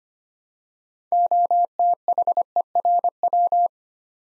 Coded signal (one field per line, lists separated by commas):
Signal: Morse code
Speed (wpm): 25 wpm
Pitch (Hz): 700 Hz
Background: none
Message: OTHERW